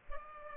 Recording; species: mosquito wingbeat signal from an infrared sensor; Culex pipiens